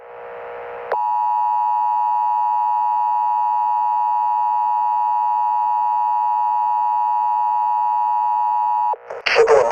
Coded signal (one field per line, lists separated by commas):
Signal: Emergency Alert System (SAME) tones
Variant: 853 and 960 Hz attention tone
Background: speech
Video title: EAS Scenario #11 - The Soundwaves of Death